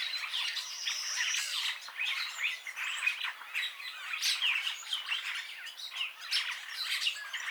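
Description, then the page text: Purple starling gives a steady jumble of chattering calls, creaky squawks and brief whistles, blending into one unbroken noisy chatter. "Bram Piot - Пурпурный скворец (Lamprotornis purpureus)"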